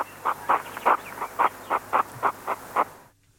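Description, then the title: European hedgehog courtship huffing: a quick series of short puffs, then a sudden silence. Male courting a female. "P4 Extra med Anders S Nilsson"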